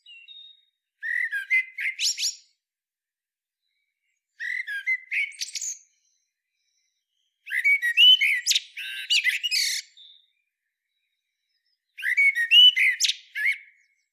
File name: Turdus merula